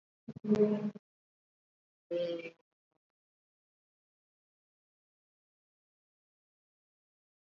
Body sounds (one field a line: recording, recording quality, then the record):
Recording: sustained vowel as in made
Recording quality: poor, much background noise or distortion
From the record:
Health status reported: COVID-19 positive, mild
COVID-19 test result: positive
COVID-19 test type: RT-PCR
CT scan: not taken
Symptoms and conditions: fatigue, diabetes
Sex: female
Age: 49 years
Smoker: no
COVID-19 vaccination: both doses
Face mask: worn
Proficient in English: no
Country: India